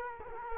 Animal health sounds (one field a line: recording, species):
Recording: mosquito wingbeat signal from an infrared sensor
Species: Culex quinquefasciatus